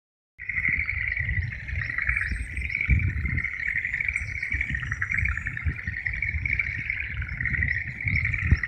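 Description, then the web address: Frogs calling in a dense, continuous trilling chorus, a steady pulsing buzz that never pauses, over heavy low rumbling background noise. "sakuji 2 kaeru"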